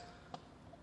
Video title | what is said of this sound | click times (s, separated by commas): LiQuiTube 5Gal Install | coming in from a front the tire it locks into place | 0.3 s